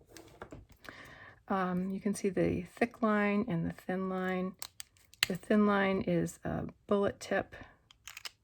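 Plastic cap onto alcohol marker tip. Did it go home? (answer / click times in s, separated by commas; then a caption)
no / none. The plastic cap of an alcohol-based art marker is handled and brought toward the marker's bullet tip, a snap closure meant to keep the ink from evaporating. Someone talks throughout, with brief light clicks and handling noises near the start and again just before the end. The cap has not snapped shut; nothing has seated or clicked yet.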